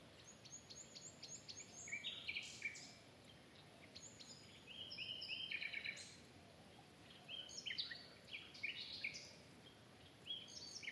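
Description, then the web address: Bird song of quick high chirps and brief trills in scattered bursts, some softer gaps between phrases, steady hiss underneath. "cianscape birddata Deverinetal Bird Only Lu Me"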